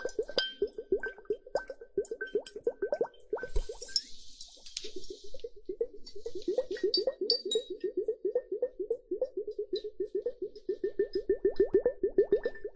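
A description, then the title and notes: Water droplets plink in a quick, steady stream, with a thump near three and a half seconds followed by a brief high hiss like running sand. Water droplets and hourglass.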